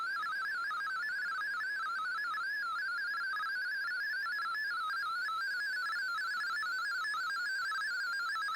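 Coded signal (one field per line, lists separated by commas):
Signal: multi-tone FSK (Olivia or MFSK type)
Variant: MFSK32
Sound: rapid stepping single tone warbling quickly between pitches, continuous burbling melody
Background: radio static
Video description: Here is my decode of the Shortwave Radiogram broadcast today on 15770Khz shortwave radio at 1330UTC in MFSK32 and 64 with 10 SSTV images.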